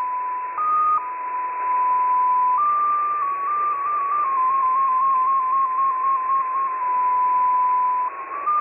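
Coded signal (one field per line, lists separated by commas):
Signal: numbers station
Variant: XPA2, 14-tone MFSK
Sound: a single steady tone hopping slowly between nearby pitches around 1 kHz, over hiss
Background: radio static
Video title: XPA2 On 11163kHz USB February 7, 2021 12:00 UTC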